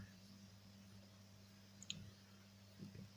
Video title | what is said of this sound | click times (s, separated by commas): Repairing a Broken Block Chain,Safety Necklace. | that to click in place there we go | 1.8 s, 1.9 s